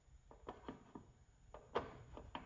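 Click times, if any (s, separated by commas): none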